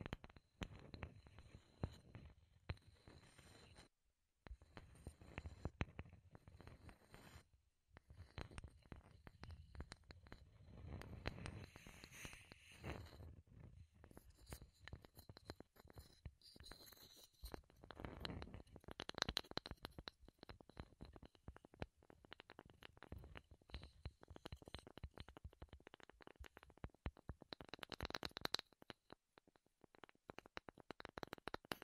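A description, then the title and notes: Wooden triggers tapped and scratched in quick, uneven bursts of dry clicks, knocks and rubbing. Brief silent gaps fall near four and eight seconds; after that the sounds run almost without pause, with a few louder taps around eleven and nineteen seconds. ASMR Wood Triggers in Your Ears (No Talking).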